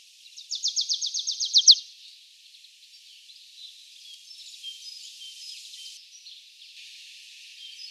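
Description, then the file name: Marsh tit delivering a brisk run of sharp, high repeated notes lasting just over a second, then only faint calls and background hiss. "Mesange nonnette"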